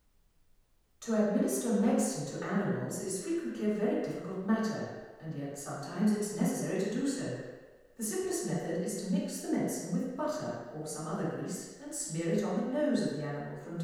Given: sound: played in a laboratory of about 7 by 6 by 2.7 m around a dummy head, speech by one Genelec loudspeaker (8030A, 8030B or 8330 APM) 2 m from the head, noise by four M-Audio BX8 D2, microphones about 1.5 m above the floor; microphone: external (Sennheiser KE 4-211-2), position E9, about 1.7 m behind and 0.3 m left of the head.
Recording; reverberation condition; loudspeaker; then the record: female speech in English; high; 30 degrees to the left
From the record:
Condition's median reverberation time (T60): about 1300 ms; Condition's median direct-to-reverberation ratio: about -4.0 dB